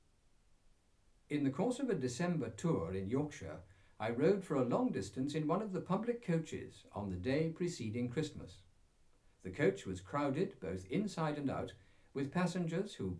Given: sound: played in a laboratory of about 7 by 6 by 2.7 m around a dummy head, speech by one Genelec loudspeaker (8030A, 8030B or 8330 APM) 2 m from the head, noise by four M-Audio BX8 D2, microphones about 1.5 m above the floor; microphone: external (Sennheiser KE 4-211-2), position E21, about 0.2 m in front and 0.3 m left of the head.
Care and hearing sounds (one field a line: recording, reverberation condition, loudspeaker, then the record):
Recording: male speech in English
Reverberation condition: low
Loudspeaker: 150 degrees to the left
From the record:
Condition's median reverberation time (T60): about 310 ms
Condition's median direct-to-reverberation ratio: about 3.5 dB